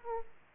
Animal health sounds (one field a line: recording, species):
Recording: mosquito wingbeat signal from an infrared sensor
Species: Aedes aegypti